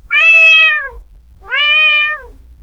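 Cat meowing twice, each meow a clear drawn-out cry that rises slightly and then falls at the end, with a short pause between them.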